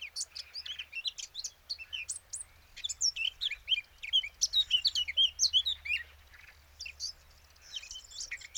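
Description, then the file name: Eurasian blackcap song: fast, scratchy, high warbled phrases of chirps and rising whistles, loudest in the middle, with short pauses between bursts. "Sylvia atricapilla"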